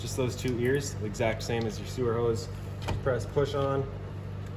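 Someone talks while handling the sewer cap on a 2019 Sandpiper 401FLX RV, pressing its two ears onto the sewer outlet over a steady low hum, with a single modest knock near 3.4 seconds. The cap has not yet been turned to twist-lock onto the outlet, and nothing has seated or clicked yet.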